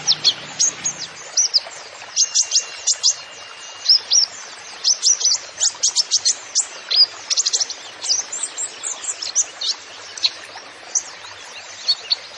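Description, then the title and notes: Van Hasselt's sunbird song: rapid bursts of very high, thin chirps and sharp downslurred notes, tumbling almost continuously with brief gaps. Masteran recording for training songbirds, suited as pancingan to get other birds singing; the bird is described as gacor, singing actively, with full fills (isian) and shots (tembakan). "MASTERAN KOLIBRI NINJA FULL ISIAN DAN TEMBAKAN COCOK BUAT PANCINGAN. Suara Burung Kolibri Ninja Gacor"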